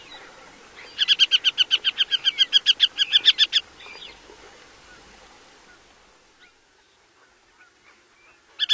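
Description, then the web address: Northern harrier chattering: one quick burst of harsh repeated kek notes lasting about three seconds, then quiet, and another burst starting at the end. "Songs of Birds of North America Know Your Bird Sounds. Northern Harrier"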